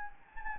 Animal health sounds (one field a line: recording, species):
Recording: mosquito wingbeat signal from an infrared sensor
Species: Anopheles gambiae